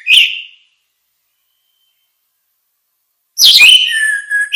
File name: suara kicau burung anis merah luar biasa